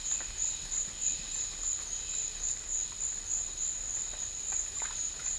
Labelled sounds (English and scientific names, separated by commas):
none